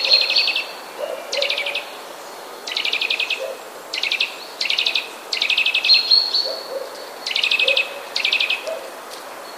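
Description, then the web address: Eurasian nuthatch quiet trills, fast ticking note bursts repeated roughly every second, each run short and even, with faint soft low notes underneath. "wroblowe kowalik kowalikcichetryle"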